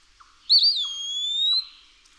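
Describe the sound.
Eastern wood-pewee, a clear whistled song phrase, wavering at first and then stretching into a slowly rising note.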